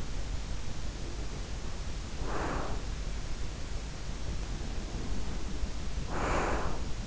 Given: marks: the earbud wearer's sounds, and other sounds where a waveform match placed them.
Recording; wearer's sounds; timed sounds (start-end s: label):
sounds in sleep by an in-ear microphone; breath
0.74-3.14 s: breath
4.64-7.07 s: breath